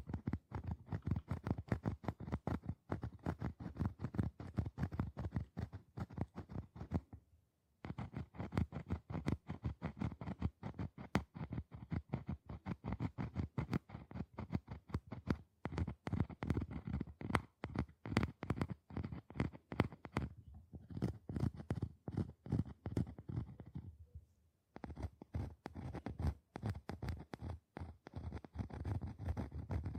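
Fingers or nails scratch and tap rapidly on a hollow box, a dense run of dry clicks and scrapes with a resonant, boxy body. The patter continues in bursts, pausing briefly near 8, 20 and 24 seconds.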